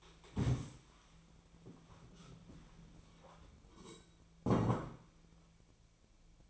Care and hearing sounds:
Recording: daily activity, microphone in the room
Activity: stand up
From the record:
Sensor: 1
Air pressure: 1000.6 hPa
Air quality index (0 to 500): 178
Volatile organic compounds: 4 ppm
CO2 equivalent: 1646 ppm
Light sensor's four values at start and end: 13/31/13/15 and 13/31/13/15

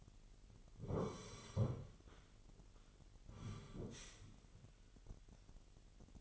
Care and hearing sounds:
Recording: daily activity, microphone in the room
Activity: sit down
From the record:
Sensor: 4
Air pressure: 999.3 hPa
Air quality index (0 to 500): 112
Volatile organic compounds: 2 ppm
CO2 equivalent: 1112 ppm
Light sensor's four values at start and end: 12/29/12/13 and 13/30/12/13

